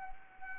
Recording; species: mosquito wingbeat signal from an infrared sensor; Anopheles arabiensis